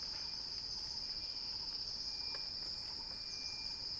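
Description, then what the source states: Cicadas in a steady, shrill chorus, an unbroken high drone with a fainter upper band, plus scattered faint clicks. Cicada song building in a crescendo, recorded by Axel Drioli.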